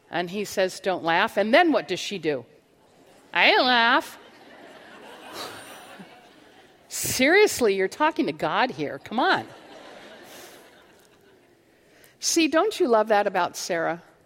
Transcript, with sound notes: And He says, "Don't laugh." And then what does she do? "I didn't laugh." (laughter) Seriously! You're talking to God here. Come on! Don't you love that about Sarah?